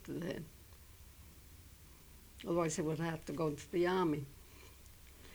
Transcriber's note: none